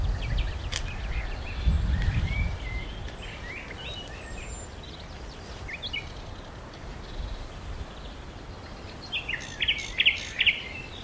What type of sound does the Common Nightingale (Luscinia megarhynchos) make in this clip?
song